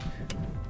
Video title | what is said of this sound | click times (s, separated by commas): LED Light Upgrades Project LX470 | clicks right in and back in the hole she goes | 0.3 s